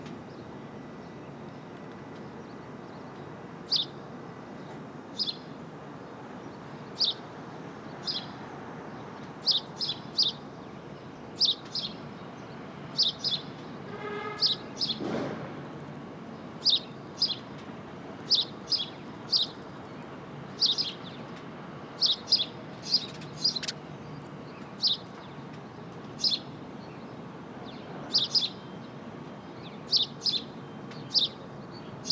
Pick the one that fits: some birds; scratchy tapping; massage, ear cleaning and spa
some birds